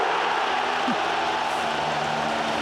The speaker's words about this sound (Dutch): zet alles en iedereen nog even op afstand en de Kuip houdt de adem in. Want de volle Kuip kan zo dadelijk weer eens gaan juichen.